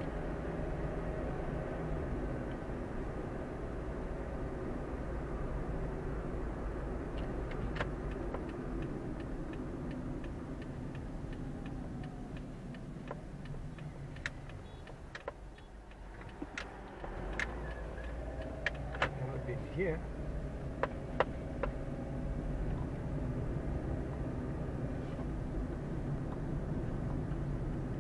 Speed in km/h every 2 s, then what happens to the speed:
38, 40, 42, 41, 32, 25, 16, 5, 6, 14, 22, 27, 30, 31.
0-6 steady at about 40. 6-14 brakes to 5. 16-28 speeds up to 31.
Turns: 12-19.